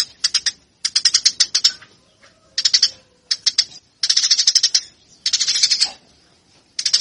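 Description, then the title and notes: Eurasian tree sparrow chirps come in short, harsh bursts of rapid notes separated by brief pauses. Fighting-style (tarung) call. "GEREJA TARUNG. burung gereja"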